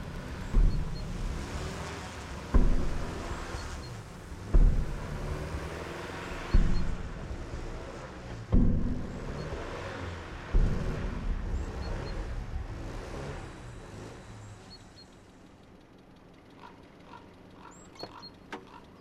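A black Volga car's wheels spin in snow on a snow-covered road through a forest as the engine strains, barely moving forward, with loud rhythmic surges about every two seconds over a rough churning hiss that gradually fades away.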